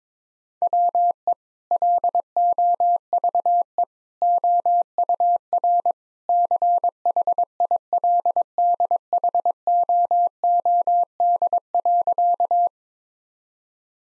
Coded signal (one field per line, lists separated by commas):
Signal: Morse code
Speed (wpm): 22 wpm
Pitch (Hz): 700 Hz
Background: none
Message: WE LOVE OUR CHILDHOOD.